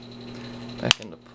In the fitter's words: slide it in and the clips should click back into place